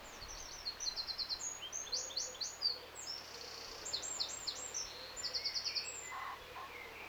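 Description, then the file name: Eurasian wren song with repeated rapid trills and sharp high notes flowing almost without a break. "Troglodytes troglodytes"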